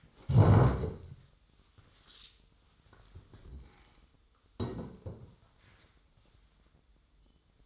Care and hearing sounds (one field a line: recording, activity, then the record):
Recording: daily activity, microphone in the room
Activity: stand up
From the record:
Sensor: 3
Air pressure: 1005.0 hPa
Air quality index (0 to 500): 93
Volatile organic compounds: 3 ppm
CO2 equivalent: 1443 ppm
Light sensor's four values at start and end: 10/22/9/9 and 9/21/9/9